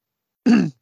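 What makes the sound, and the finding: Adult man. Throat clearing / cough.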